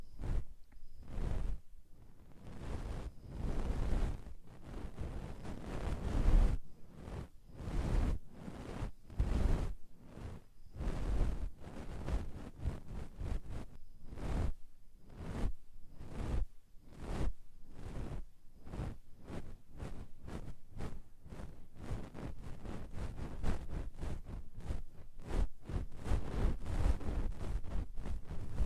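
Deep ear cleaning with rapid, irregular scratching and rubbing strokes over a steady low, muffled rumble that continues throughout without pause.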